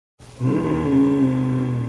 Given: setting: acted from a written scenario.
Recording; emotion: vocal sound without words; anger